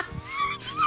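A brief, high squeaky whine with a gliding, bending pitch lasts just under a second, like a faint mew or a crying sound, picked up by a microphone held down by an adult's belly. It is a loud gurgle of gas and fluid moving through the gut, more pronounced than usual stomach rumbling, coming after eating a whole can of sugar-free cake icing.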